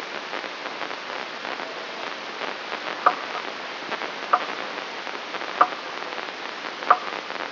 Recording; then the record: brain microelectrode recording played as sound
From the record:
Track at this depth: outside the subthalamic nucleus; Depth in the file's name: 7.86 mm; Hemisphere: left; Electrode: 3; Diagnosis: Parkinson's disease